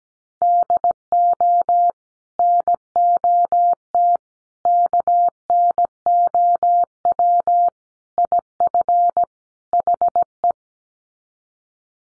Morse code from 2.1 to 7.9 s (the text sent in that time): NOT KNOW